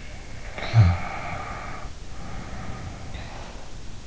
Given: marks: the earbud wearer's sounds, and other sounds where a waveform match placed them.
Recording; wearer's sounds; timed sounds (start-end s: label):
sounds in sleep by an in-ear microphone; snoring breath
0.48-3.81 s: snoring breath